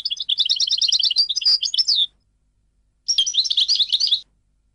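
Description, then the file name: European goldfinch song with a quick run of liquid twittering notes ending in a slurred note, then a second shorter tinkling phrase after a brief pause. "audio burung goldfinch"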